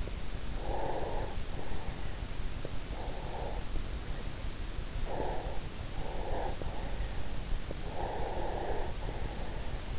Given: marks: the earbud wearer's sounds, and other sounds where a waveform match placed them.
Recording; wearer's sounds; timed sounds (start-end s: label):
sounds in sleep by an in-ear microphone; breath
0.00-2.07 s: breath
2.34-4.39 s: breath
4.60-7.38 s: breath
7.77-9.70 s: breath